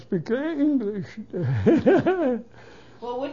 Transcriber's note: he laughs